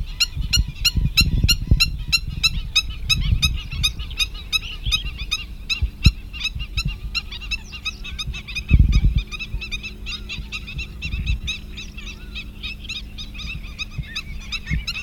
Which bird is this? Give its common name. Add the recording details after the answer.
Black-winged Stilt. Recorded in the wild. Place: Burgas, BG. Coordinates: 42.505, 27.463. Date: 1974-06-03. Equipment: Nagra III BH, Sennheiser MD 21. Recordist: Schubert, Michael. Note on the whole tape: Stelzenläufer, Aufnahme mit Mikrofon Sennheiser MD 421 ohne Reflektor